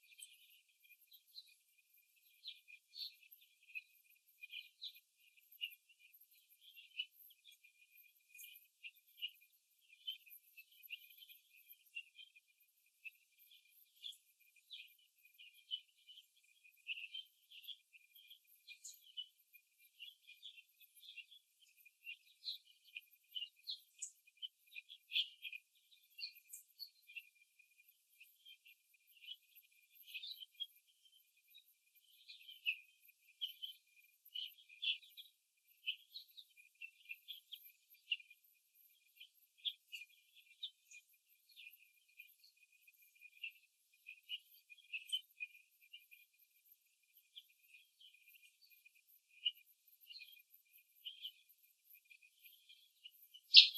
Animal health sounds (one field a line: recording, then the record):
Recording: young laying hens in a cage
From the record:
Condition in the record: before the stressor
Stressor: simulated dog barking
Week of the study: 2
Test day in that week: 3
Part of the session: 3